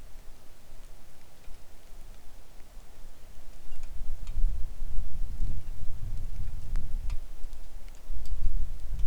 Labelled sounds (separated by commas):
wind, rain